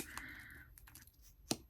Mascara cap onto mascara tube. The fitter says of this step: Listen for the click. Yeah. Okay.